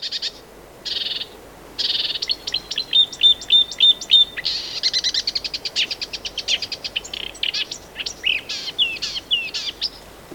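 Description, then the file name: Marsh warbler in continuous rapid song: buzzy bursts, a string of thin whistles, then nonstop chattering high notes tumbling quickly with varied slurs. "Marsh Warbler (Acrocephalus palustris)"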